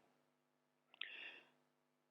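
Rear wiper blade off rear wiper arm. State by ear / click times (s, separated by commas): released / 1.0 s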